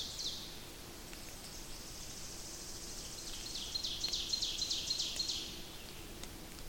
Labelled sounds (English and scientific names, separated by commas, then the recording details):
Ovenbird (Seiurus aurocapilla) song
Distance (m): 70 m
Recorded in boreal forest in Alberta, Canada, on 28 May 2016 at 06:12
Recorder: SongMeter 3, array SBT-3-49
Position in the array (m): 77 m, 237 m
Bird 14